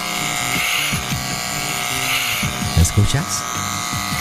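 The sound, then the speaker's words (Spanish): A double-headed vibrator buzzes steadily and continuously, a constant mid-pitched electric whine with a bright overtone. Muffled voice sounds and brief bumps come and go beneath the motor. “¿Ves que te dije que era mi martillo tejano? Es un dildo doble cabeza.”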